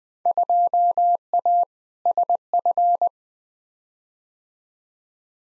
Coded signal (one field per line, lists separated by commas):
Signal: Morse code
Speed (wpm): 20 wpm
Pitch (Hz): 700 Hz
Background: none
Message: 2A SF